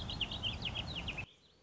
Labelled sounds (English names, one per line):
Warbling Vireo